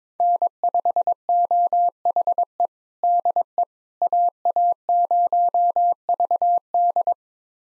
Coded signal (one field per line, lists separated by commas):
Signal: Morse code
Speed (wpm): 22 wpm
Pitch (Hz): 700 Hz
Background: none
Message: N5OHE DE AA0VD